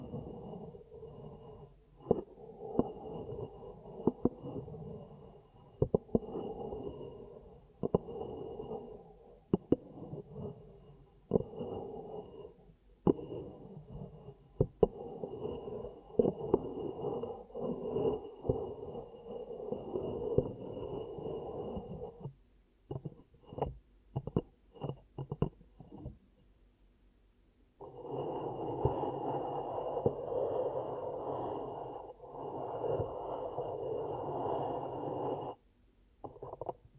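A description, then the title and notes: Close, muffled ear cupping: dense rubbing bursts in the low-mids, broken by sharp pats around 23–27 seconds, then steadier rushing near the end. ASMR 10 Ear Cupping Triggers for Deep Sleep & Relaxation (No Talking).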